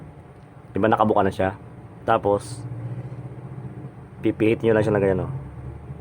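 A bushing for an electric fan motor is being handled by hand at the motor housing, getting ready to be pressed back in and twisted into its seat. Someone talks over a steady low hum. Nothing has seated or locked yet.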